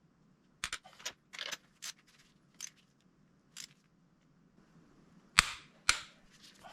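A torque wrench tightens a spark plug into the cylinder head of a Kia / Hyundai 1.4 140 hp turbo petrol engine. The spark plug threads have a thin coat of copper grease. Sharp clicks are heard at 0.6 s and 5.4 s, with other short ratcheting clicks between them, and the plugs are confirmed tightened to the correct torque.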